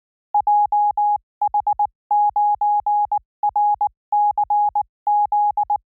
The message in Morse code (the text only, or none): JH9RCZ